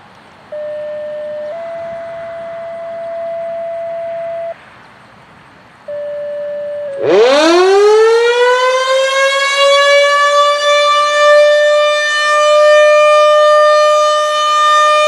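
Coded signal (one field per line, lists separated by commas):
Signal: siren signal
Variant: RM-130 siren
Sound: a short steady tone, then a loud siren winding up to a sustained rich wail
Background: outdoor ambience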